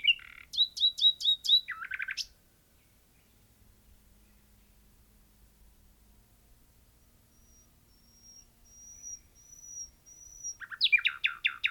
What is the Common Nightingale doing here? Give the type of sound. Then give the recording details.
song. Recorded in the wild. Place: Albesti, Transilvania, RO. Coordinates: 46.258, 24.86. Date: 1973-04-28 11:30. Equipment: Nagra III BH, Sennheiser MD 21, parabola. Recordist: Schubert, Michael